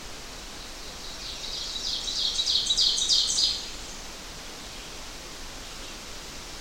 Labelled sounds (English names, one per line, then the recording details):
Ovenbird song
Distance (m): 25 m
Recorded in boreal forest in Alberta, Canada, on 12 June 2016 at 07:31
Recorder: SongMeter 3, array SBT-3-18
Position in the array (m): 122 m, 108 m
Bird 29